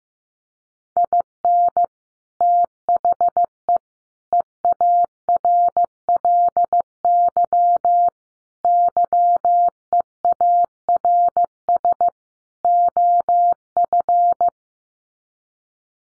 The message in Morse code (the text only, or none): IN THE EARLY YEARS OF